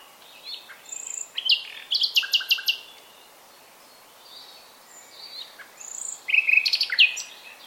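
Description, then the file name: Common nightingale song: a phrase of rapid, hard repeated strokes near two seconds, a quiet pause, then a second loud, rattling phrase near the end. "Luscinia megarhynchos"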